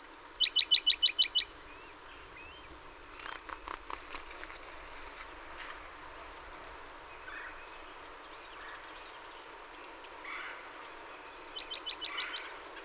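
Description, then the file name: Bachman's sparrow song: a loud pure whistle leading into a rapid high trill at the start, with a fainter second song near the end and soft chirps between. Recorded 30 April 2019; a series of 27 songs. "2019-04-30 Bachmans Sparrow-27 Songs"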